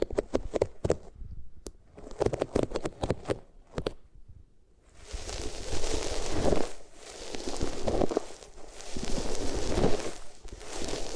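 Rubbing on different materials, starting with a stretch of quick clicky, crackling taps and scratches that come in bursts with short pauses. From about five seconds it turns into a denser, hissier brushing that swells and fades in long strokes, with small crackles mixed in.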